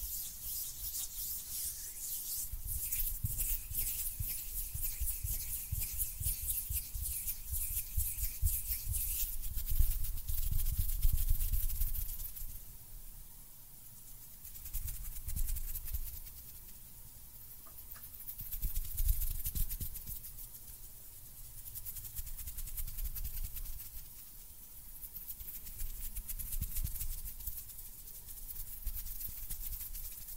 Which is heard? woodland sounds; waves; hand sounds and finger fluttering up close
hand sounds and finger fluttering up close